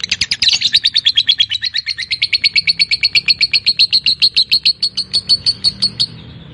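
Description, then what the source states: Lovebird in a sustained chatter: fast, evenly spaced raspy notes that start harsh and settle into a steady pulsing trill before stopping abruptly near the end. Lovebird of fighter type, giving a long ngekek, the drawn-out chattering song.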